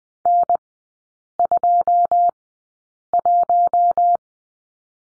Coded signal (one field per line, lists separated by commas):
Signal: Morse code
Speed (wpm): 20 wpm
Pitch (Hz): 700 Hz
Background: none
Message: N21